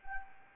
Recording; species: mosquito wingbeat signal from an infrared sensor; Anopheles arabiensis